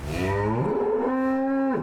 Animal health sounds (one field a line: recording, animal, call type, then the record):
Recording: contact call of a hoofed animal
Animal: cattle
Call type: low-frequency (closed-mouth) or high-frequency (open-mouth) call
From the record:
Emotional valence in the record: negative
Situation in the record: full separation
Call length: 1.83 s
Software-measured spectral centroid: 1430 Hz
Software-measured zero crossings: 1160 a second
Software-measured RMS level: -24 dBFS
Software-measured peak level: -14 dBFS